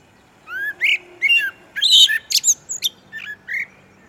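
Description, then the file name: Common blackbird sings a phrase of slurred whistled notes that turns into a jumble of shrill, squeaky twitters, then ends in a few softer notes. "Turdus merula"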